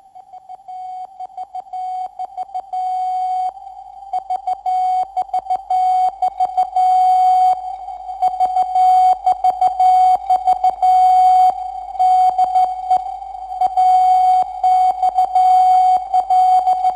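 A steady high-pitched tone keyed on and off in Morse code, repeating the call sign AXL of the Transatlantic Radiotelegraph Centre in Babice near Warsaw, Poland, first sent on air on 1 October 1923, over a faint radio hiss, with no voices.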